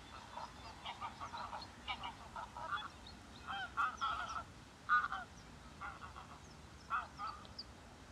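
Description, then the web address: Greylag goose honking: nasal, harsh honks in uneven bursts, several per second at times, with quieter gaps and a steady low background hiss. "sound Anser-anser. صدای-غاز-وحشی-خاکستری"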